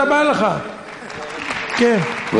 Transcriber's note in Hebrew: הקהל מוחא כפים